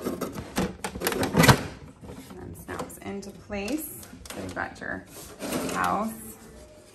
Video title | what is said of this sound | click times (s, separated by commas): Barbie's 3-Story Townhouse: A Tour of Her Luxurious Home with Surprises at Every Turn | door down here comes out and then snaps into place | 0.8 s